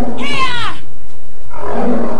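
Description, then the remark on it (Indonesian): A tiger nearly the size of a calf lets out a loud, strained roar with a rising and falling pitch, followed after a short pause by a lower, rougher growling roar. No one speaks. “Dan ketika tampak menjadi bosan dengan permainannya itu, pemuda tampan itu kemudian berteriak panjang dan memukul keras ke arah harimau itu.”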